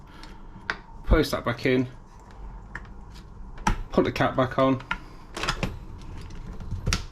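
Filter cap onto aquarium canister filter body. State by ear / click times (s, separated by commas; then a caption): seated / 6.9 s. Someone talks while the cap of an Oase Biomaster Thermo 25 aquarium canister filter is put back on over the reinstalled impeller, with a few short clicks and knocks along the way. The cap is pressed down until it clicks into place at 6.9 s, seated so it sits nice and sturdy.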